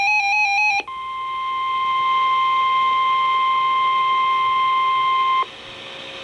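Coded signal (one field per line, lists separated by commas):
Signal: Emergency Alert System (SAME) tones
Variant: 1050 Hz attention tone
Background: music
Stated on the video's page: Fake tornado warning, self-activated on a RadioShack 12-382 weather radio for NWS Chicago and recorded on an old tape camcorder.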